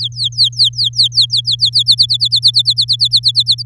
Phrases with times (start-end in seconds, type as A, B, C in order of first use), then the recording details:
0.00-1.70 A, 1.73-3.63 B. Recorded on 9 May 2018 at 14:40. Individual llb16